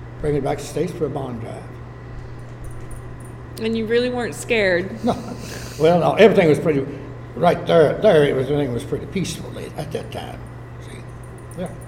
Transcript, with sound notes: bring it back to the states for a bond drive.
And you really weren’t scared.! [Chuckling]
Well now, everything was pretty right there, there it was, everything was pretty peaceful then, at that time, see, yeah.